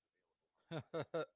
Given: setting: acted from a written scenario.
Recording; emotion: vocal sound without words; amusement